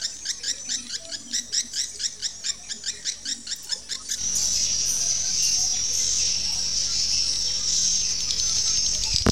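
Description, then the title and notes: Swiftlet calls: a fast run of evenly spaced high chirps, then a continuous dense shrill twitter for the remainder. Used for swiftlet farming in Asia. "Swiflet Bird Sound. Farming Swiflet Bird asia sound"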